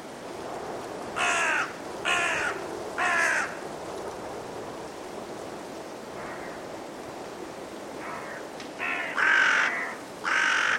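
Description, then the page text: Carrion crows caw in a quick run of three, fainter calls follow, then another loud cluster near the end, all over heavy wind noise. Five carrion crows in trees before roosting, during a blustery force 6 wind, in winter at Woodchester Park, Gloucestershire. "A group of five Carrion Crows in the trees, before roosting, during a blustery force 6 wind. Recorded in winter at Woodchester Park, Gloucestershire by Richard Margoschis. British Library"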